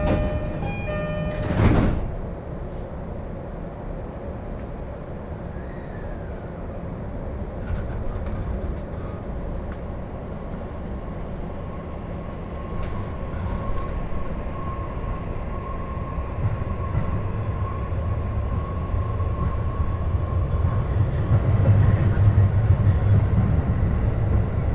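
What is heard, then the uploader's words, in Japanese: A local train on the Joban Line rolls on with a steady, low rumble throughout. A sharp clank with a brief ringing tone sounds near the start, and a thin, steady whine rises in mid-ride while the deep rumble grows heavier toward the end. 耳で楽しむ鉄道旅 常磐線普通 石岡→土浦→取手。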